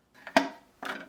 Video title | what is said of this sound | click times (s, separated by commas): Cuisinart 9 Cup Continuous Feed Food Processor Review | Make sure you hear that snap. | 0.4 s